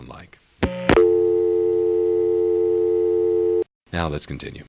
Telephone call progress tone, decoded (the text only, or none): dial tone